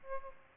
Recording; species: mosquito wingbeat signal from an infrared sensor; Aedes albopictus